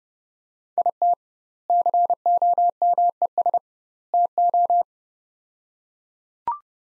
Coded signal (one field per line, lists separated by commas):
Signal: Morse code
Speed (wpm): 31 wpm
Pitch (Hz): 700 Hz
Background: none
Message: IT COMES TO